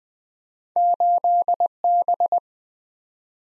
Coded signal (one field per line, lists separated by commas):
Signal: Morse code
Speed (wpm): 20 wpm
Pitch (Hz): 700 Hz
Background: none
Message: 8B